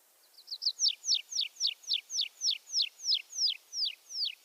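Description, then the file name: Tree pipit song phrase: a series of sharp, high, down-slurred notes, starting soft and quickly building, then repeated steadily several times a second. "erdeipityer"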